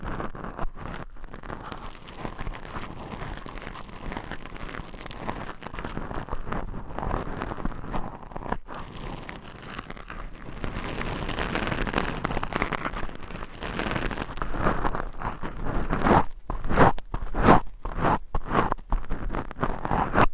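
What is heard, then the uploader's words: Long nails scratch and scrape directly on a microphone, in a dense, continuous crunchy rasp that fills the low and middle range. The texture stays busy throughout, swelling slightly louder after the midpoint, with brief sharp gaps and stutters near the end. ASMR Mic Scratching - Brain Scratching Hypnotic Asmr No Talking for Sleep with Long Nails.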